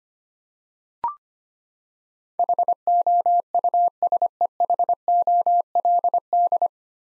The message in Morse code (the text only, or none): HOUSEHOLD